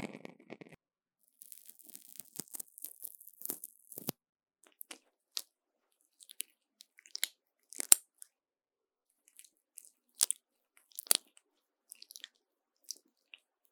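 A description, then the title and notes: Sticky sounds: crackling, tacky peels and pops. A dense run of crisp crackle fills the first four seconds, then it thins into scattered sharp snaps and smacks every second or two, with near silence between them. 黏答答的聲音 | Sticky Sounds. No Talking.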